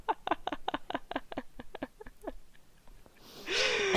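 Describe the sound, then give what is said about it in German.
A rapid run of breathy laughter pulses slows and fades, then after a brief pause a harsh, raspy cough bursts out, louder than the laughing before it. “Entschuldigung, vor lauter Lachen muss ich husten.”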